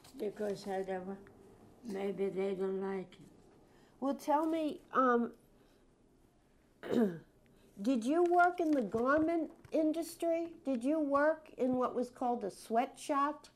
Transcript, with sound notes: because I never — maybe they don't like it.
Well, tell me, [clears throat] did you work in the garment industry? Did you work in what was called a sweatshop?